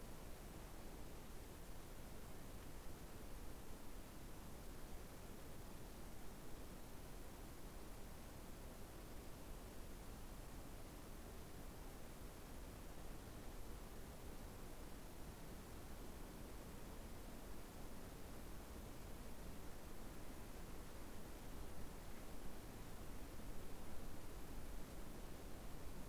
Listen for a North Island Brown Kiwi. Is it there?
no